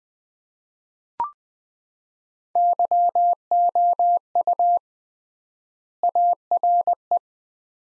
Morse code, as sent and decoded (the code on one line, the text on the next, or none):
-.-- --- ..- / .- .-. .
YOU ARE